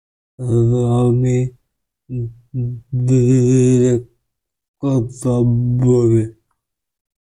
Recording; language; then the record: elicited speech; Bengali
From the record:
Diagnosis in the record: Broca's or global aphasia after a stroke